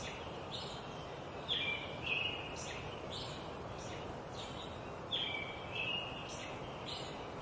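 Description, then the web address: Robin giving clear warbled phrases in a loose series, with a few louder bursts, over steady background noise. Sung at dawn in a forest at Tuolumne Meadows, Yosemite. "robbin welcomes dawn in tuolumne meadows forest yosemite"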